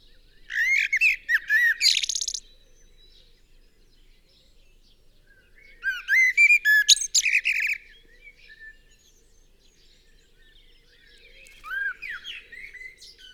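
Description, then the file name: Common blackbird song: three separate phrases of low fluted whistles and squeaky, high twittering, with long quiet pauses between them. "Turdus merula"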